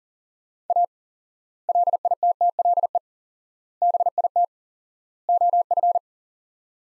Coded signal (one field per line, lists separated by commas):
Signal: Morse code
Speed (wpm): 40 wpm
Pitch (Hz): 700 Hz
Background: none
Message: A LITTLE BIT OF